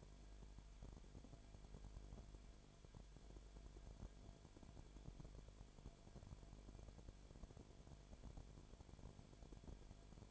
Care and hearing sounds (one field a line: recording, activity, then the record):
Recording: daily activity, microphone in the room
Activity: no activity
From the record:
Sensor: 5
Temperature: 19.9 degrees Celsius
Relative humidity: 35.7%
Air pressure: 1003.4 hPa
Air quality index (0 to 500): 56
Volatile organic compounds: 1 ppm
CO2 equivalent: 634 ppm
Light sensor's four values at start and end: 2/3/1/1 and 2/3/1/1